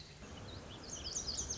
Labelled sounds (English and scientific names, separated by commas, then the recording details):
Lazuli Bunting (Passerina amoena)
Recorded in Sonoma County, California